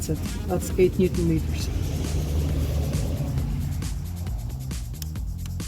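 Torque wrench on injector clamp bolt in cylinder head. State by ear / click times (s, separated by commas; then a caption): torque reached / 5.0 s. A torque wrench set to a low value tightens the injector clamp bolt in the cylinder head of a 1.6 TDI engine while someone talks. Softer ratcheting sounds lead up to a sharp click at 5.0 s, when the wrench reaches its setting.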